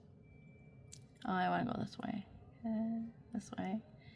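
A beaded component, first tried on an earring, is being handled and re-oriented before being pushed onto another jewelry piece. Two faint quick clicks come early as someone talks. Nothing has seated or snapped in yet by the end of the clip.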